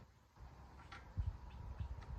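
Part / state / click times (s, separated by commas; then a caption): wire connector onto carburetor fuel solenoid / not seated / none. A tight-fitting plastic wire connector is being worked up onto the fuel solenoid of a Hipa replacement carburetor on a Kohler Courage engine; it is tricky because the connector fits on tight. Low, dull bumps and scuffs of handling are heard, strongest around 1.2 s and 1.8 s, over a faint steady hum. Nothing has seated or clicked yet.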